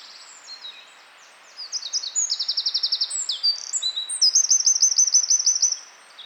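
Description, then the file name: Eurasian wren song beginning after a soft lead-in: a rushing sequence of shrill trills and rattles lasting about four seconds, then it stops. "Troglodytes troglodytes"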